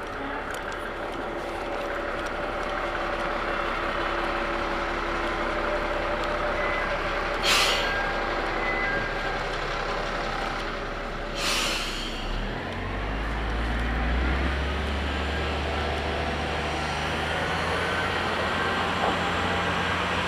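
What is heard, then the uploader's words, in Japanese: An emptied train car idles with a steady low rumble, two sharp hisses near 7 and 11 seconds, then a deeper engine drone. 天竜浜名湖鉄道 天竜二俣→森町病院前→遠江一宮。天竜二俣でかなり降りて空いた車内。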